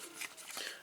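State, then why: Not seated. The second plastic leg of a Transformers Legacy Commander Class Motormaster toy robot is slid into its slot, producing soft plastic sliding and scraping sounds with brighter rubbing bursts around 0.2 and 0.6 seconds. The leg does not click into place, and nothing has seated or clicked yet.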